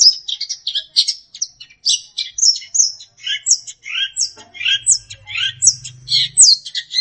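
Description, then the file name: Long-tailed shrike song, a continuous jumble of squeaky chatter and sliding whistles, rich and varied, with a faint low hum near the end. Master song for training songbirds. "cendet master"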